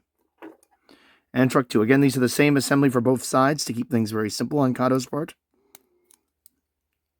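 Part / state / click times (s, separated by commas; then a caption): model locomotive truck into locomotive chassis / seated / 6.5 s. Someone talks while handling the second truck of a Kato N scale RSC-2 model locomotive (the same truck assembly used on both ends) as it is fitted into the plastic chassis, with a few faint clicks before the speech. After the talking stops, small ticks at 5.8 s and 6.1 s lead to a sharp snap at 6.5 s as the truck seats, leaving it installed.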